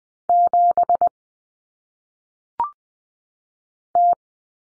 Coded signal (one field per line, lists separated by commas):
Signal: Morse code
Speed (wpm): 20 wpm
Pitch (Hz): 700 Hz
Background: none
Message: 7 T